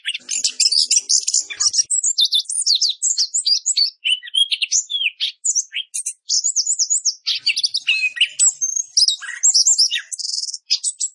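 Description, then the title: Orange-headed thrush song, a fast continuous stream of varied high whistles, trills and buzzy notes with almost no pauses. Masteran recording for training cage birds; song style called roll speed; clear voice. "Masteran Anis Kembang materi Roll Speed"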